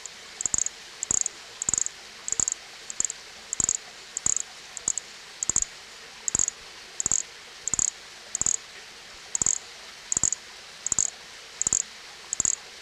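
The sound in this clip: Nesobia mjobergi chirping steadily, a short, shrill buzzy pulse repeated at a fairly regular rate, many in a row.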